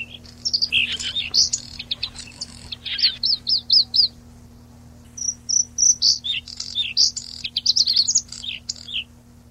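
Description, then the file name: Bluethroat song: a rapid, varied run of high twittering notes, buzzy trills and repeated short phrases, broken by a brief pause, over a faint low hum. "Lsvecica"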